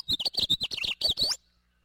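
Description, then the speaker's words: House Finch song, a quick run of bright warbled notes that jump up and down in pitch, ending in a rising slurred phrase. Singing loudly from a street tree. "Or hear a house finch belting it out from a street tree."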